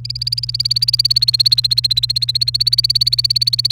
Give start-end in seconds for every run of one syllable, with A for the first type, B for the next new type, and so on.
0.05-3.72 A